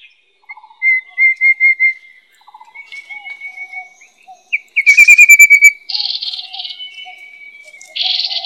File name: 山紅頭